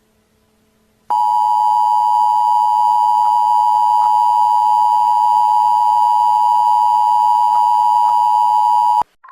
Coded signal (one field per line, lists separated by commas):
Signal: Emergency Alert System (SAME) tones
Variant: 853 and 960 Hz attention tone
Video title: An EAS Scenario: Werewolf Girlfriend's Rage | Featuring GAMERA